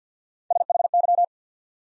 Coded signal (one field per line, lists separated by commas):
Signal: Morse code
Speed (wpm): 50 wpm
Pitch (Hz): 700 Hz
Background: none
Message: S H Y